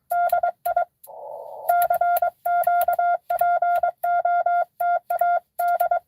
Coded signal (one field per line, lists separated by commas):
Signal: Morse code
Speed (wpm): 22 wpm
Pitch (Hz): 700 Hz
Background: none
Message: DI CQ POTA D